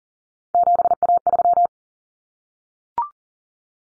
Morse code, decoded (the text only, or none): 7A3